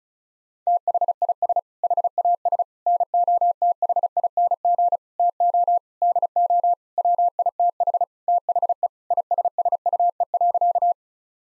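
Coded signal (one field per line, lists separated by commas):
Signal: Morse code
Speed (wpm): 36 wpm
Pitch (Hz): 700 Hz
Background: none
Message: THIS HAS NOTHING TO DO WITH THE ISSUE.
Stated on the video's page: Morse code practice sentences of common six-word phrases sent at 35 wpm, for head-copy training.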